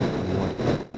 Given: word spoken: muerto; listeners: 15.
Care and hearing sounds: one Spanish word in noise, from a listening test; noise modulated by three-talker babble; -4.9 dB; 3 of 15; 6 of 15; 0.58 s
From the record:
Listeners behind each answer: 6, 3, 1, 1, 1, 1, 1, 1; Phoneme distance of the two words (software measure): 10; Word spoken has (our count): 2 syllables, 6 phonemes, stress on syllable 1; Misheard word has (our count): 2 syllables, 6 phonemes, stress on syllable 1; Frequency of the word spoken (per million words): 97.11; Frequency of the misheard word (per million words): 277.53

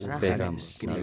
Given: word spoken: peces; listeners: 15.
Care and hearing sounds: one Spanish word in noise, from a listening test; four-talker babble; 0.4 dB; 0 of 15; 10 of 15; 0.64 s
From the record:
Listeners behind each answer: 10, 1, 1, 1, 1, 1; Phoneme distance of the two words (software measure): 34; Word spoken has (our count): 2 syllables, 5 phonemes, stress on syllable 1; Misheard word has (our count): 3 syllables, 7 phonemes, stress on syllable 2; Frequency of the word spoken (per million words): 17.36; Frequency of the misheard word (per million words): 0.31

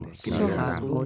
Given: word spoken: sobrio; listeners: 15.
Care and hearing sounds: one Spanish word in noise, from a listening test; four-talker babble; -2.4 dB; 0 of 15; 8 of 15; 0.66 s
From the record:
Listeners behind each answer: 8, 4, 1, 1, 1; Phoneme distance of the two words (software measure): 34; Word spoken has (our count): 2 syllables, 6 phonemes, stress on syllable 1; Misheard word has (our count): 2 syllables, 4 phonemes, stress on syllable 1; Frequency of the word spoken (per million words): 3.55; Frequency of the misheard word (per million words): 6.67

